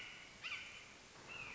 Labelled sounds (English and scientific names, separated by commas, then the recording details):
Red-shouldered Hawk (Buteo lineatus)
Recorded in Sonoma County, California